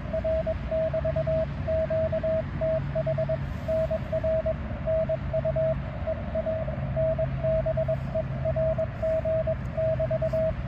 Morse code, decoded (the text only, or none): R <BT> QTH NR NUEANBERG <BT>